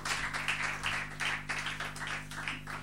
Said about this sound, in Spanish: Fuerte el aplauso para Julien, francés y Viví de Chile.